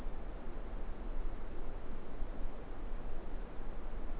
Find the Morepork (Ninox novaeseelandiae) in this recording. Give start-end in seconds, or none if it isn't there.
none